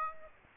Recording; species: mosquito wingbeat signal from an infrared sensor; Aedes aegypti